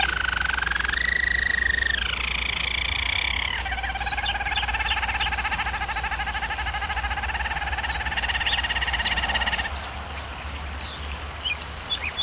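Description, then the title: German Roller canary sings rolled tours that drop to a low, even trill, then fades to quiet scattered chirps in the last seconds. German Roller canary singing, for canary training. "German Roller Canary Singing - Canary Training Vid"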